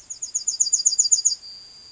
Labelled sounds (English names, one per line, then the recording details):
Yellowhammer song
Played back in grassland
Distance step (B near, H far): C
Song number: 161